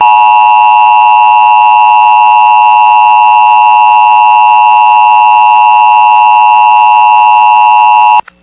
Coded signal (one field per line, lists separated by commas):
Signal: Emergency Alert System (SAME) tones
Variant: 853 and 960 Hz attention tone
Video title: EAS Flood Warning Northeast Wisconsin/Michigan Upper Peninsula WGLQ-FM (Station Created EAS)